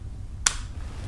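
A torque wrench tightens a 10 mm bolt on a Hyundai Sonata engine timing cover to its 11.8 newton-meter setting. The wrench gives a sharp click at 0.5 s, and another sharp click follows at 1.1 s. The bolt is confirmed torqued to its setting.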